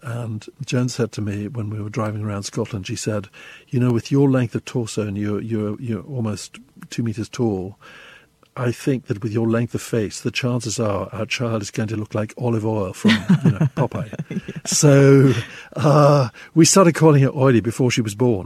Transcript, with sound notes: And Joan said to me when we were driving around Scotland - she said, you know, with your length of torso, and you're almost two meters tall, I think that with your length of face, the chances are our child is going to look like Olive Oyl from, you know, "Popeye."
(Laughter) Yeah.
So we started calling her Oily before she was born.